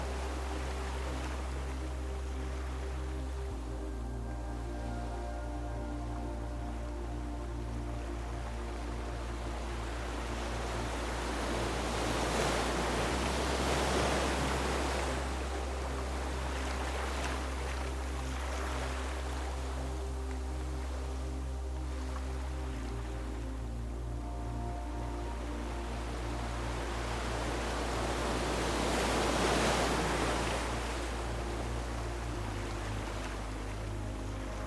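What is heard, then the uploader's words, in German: Calm, meditative music with soft waves. Low sustained pad chords shift roughly every ten seconds, at about 4, 13, 23 and 32 seconds. Over them, the waves swell and recede in a slow, steady rhythm, with louder surges near 14 and 30 seconds. Beruhigende WELLEN und Meditative MUSIK.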